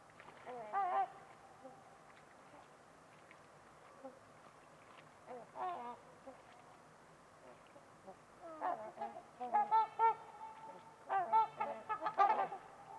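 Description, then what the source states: Trumpeter swans calling with scattered horn-like honks, becoming a busier chorus of overlapping trumpeting notes in the second half. Trumpeter swans on a winter's eve at Winters Lake in a deep, silent valley.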